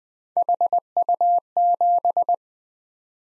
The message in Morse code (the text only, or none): HU7